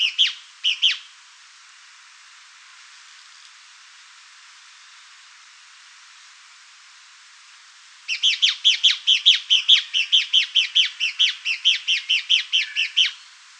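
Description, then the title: Fuscous Flycatcher calls: two short notes at the start, then after a long quiet gap a fast run of many sharp, descending chips. "LuckyPassaro Completos2Sama. Fuscous Flycatcher (Cnemotriccus fuscatus)"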